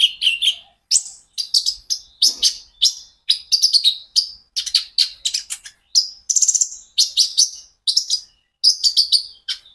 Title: KOLIBRI NINJA KONIN IJOAN GACOR COCOK UNTUK PANCINGAN TERAPI KONIN BAHAN PASTI NYAUT